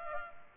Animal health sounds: mosquito wingbeat signal from an infrared sensor; Culex pipiens

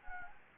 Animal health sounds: mosquito wingbeat signal from an infrared sensor; Anopheles arabiensis

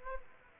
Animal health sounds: mosquito wingbeat signal from an infrared sensor; Aedes aegypti

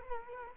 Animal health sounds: mosquito wingbeat signal from an infrared sensor; Culex quinquefasciatus

